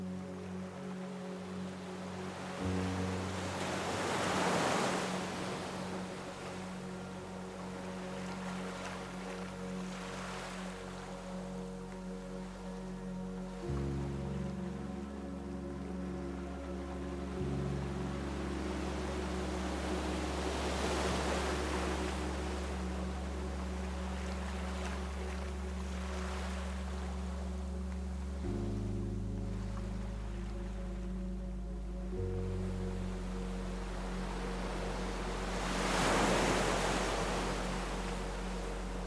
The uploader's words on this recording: Dive into Deep SLEEP with the Sound of WAVES and Soothing MUSIC. Immerse yourself in an idyllic sound journey where the natural and authentic sounds of waves blend with soft, relaxing music, creating a perfectly soothing environment.